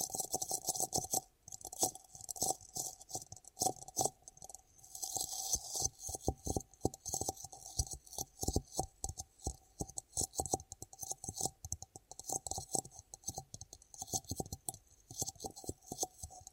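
Ear cupping triggers: dense, rapid muffled rubbing and tapping with quick crackling bursts throughout, a steady hiss riding high above. The pattern shifts around five seconds into fuller, brighter friction, then settles back into irregular soft thumps and scratchy rustles.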